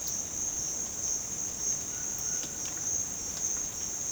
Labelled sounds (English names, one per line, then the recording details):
none
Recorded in dense forest near Puerto Asís, Putumayo, Colombia, on 9 March 2025 at 14:00
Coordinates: 0.486, -76.317
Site G053